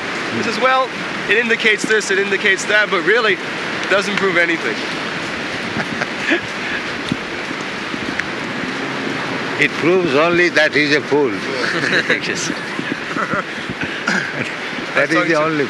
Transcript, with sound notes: He says, "Well, it indicates this, it indicates that, but really doesn't prove anything."
[laughs] It proves only that he's a fool. That is the only...